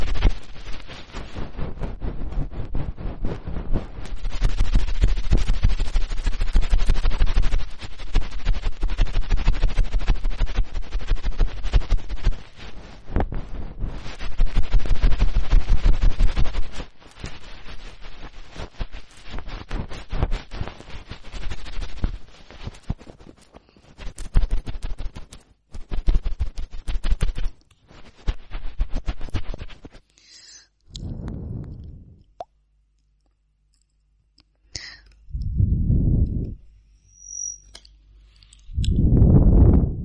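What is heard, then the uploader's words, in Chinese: Hard-tool ear picking, loud and intense, with dense crackling and scraping that runs almost without pause for about thirty seconds, surging around five and fifteen seconds. After that it thins to near silence, broken by a few low, rumbling rubs near the end. 飞机轰炸硬质掏耳朵。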